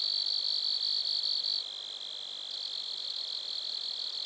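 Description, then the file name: Grasshopper stridulation: a high, steady buzz that weakens after the first second and a half, continuing as a quieter shimmering drone. Lac-à-François, Montcerf-Lytton, Quebec, Canada. "criquets-grasshoppers- -lac-acc 80-franccca 7 ois-montcerf-lytton-quecc 81 bec-canada"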